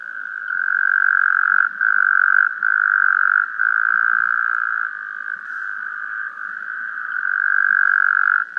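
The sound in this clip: Taipei tree frog call: a sustained, even-pitched trill broken into long stretches by short gaps.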